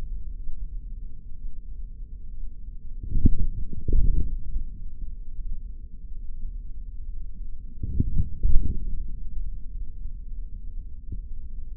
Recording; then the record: forearm muscle sounds (acoustic myography)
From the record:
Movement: forearm pronation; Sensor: system 3, bracelet of six PUI Audio POM-2738L microphones around the upper forearm, with dedicated amplification and filtering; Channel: 3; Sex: male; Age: 26 years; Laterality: right